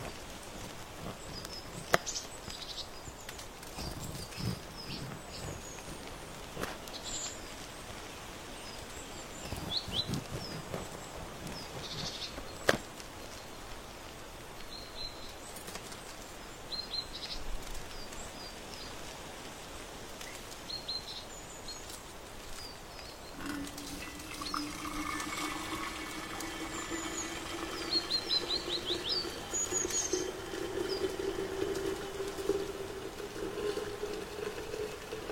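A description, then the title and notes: Faint birdsong chirps over a steady crunchy rustling, with sharp clicks near 2 and 13 seconds. Around 23 seconds a low, steady hum joins in, its pitch creeping slowly upward with fainter higher tones above it, and it continues to the end. Breakfast vibes on the porch in autumn. Warm days, birdsong, crunchy leaves, flipping books.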